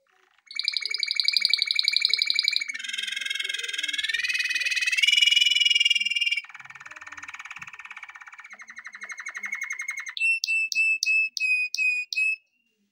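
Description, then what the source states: Canary song moving through several rapid rolling trills at different pitches, ending in sharp high separated notes repeated quickly. Canary song for training.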